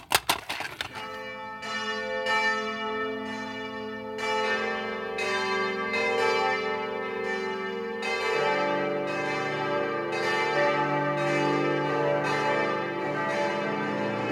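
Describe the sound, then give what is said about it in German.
The bells of the Stiftskirche in Stuttgart, Germany, ring together for a special church service in a full, continuous peal, deep tones layered with bright overtones that swell and overlap steadily without pause. No voices are heard. “Die Glocken der Stuttgarter Stiftskirche läuten zu einem ganz besonderen Gottesdienst, dem großen Leipziger Gottesdienst.”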